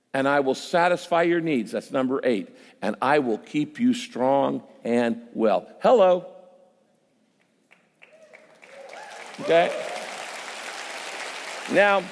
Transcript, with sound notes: And I will satisfy your needs," that's number eight, "and I will keep you strong and well." Hello! (applause) Okay. Now,